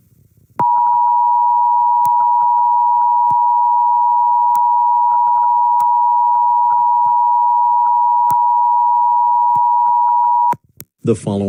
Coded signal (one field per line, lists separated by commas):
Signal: Emergency Alert System (SAME) tones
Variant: 853 and 960 Hz attention tone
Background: speech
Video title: EAS Scenario: Was it worth it? (Read Desc)